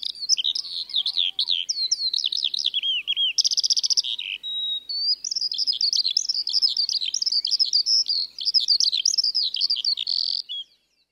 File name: skylark song normal